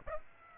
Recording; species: mosquito wingbeat signal from an infrared sensor; Aedes aegypti